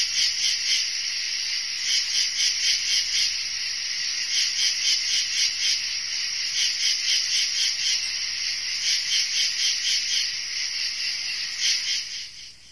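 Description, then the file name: Crickets chirping in a steady high-pitched pulsing trill, about four pulses a second, continuous throughout, fading at the very end. "bruitage grillons"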